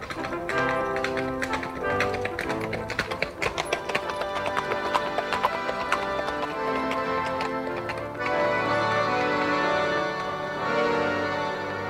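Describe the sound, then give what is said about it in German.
Horse hooves clip-clop in a steady, rhythmic patter of sharp taps as two riders travel on horseback, set against sustained musical tones that continue throughout, with no one speaking. “Zwei Kavalier, wohlversehen mit Kleidung, Pferden und Gewehr.”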